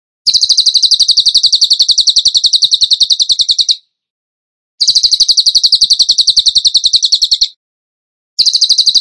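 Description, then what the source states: Bird song in long, fast, ringing trills of even high notes, each lasting a few seconds with short pauses between. Masteran training recording; song in the tembakan gacor style.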